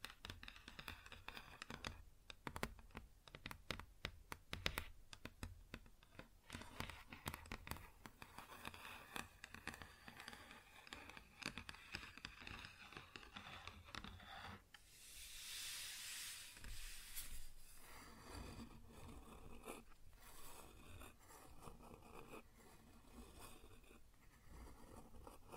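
Fingers tap and scratch across a wooden surface in quick, uneven bursts of dry clicks, dense during the first fifteen seconds. Around fifteen seconds a bright, hissy scraping takes over for a couple of seconds, then sparser taps and rubbing resume to the end.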